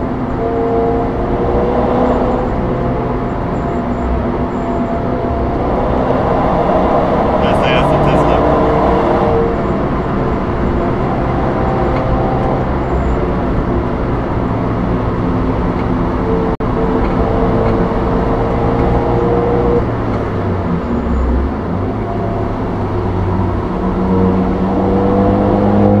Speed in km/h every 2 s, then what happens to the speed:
102, 109, 106, 112, 124, 132, 131, 123, 118, 115, 108, 99, 92.
0-11 speeds up to 132. 11-26 slows to 92.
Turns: none.